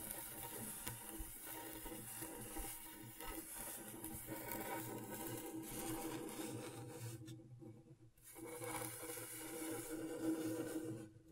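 Scratching on a scratchboard makes a dense, continuous scraping texture with a gritty hiss across the highs and a steady low hum underneath. Around seven seconds the bright scratching drops away for about a second, then resumes at full strength until the end.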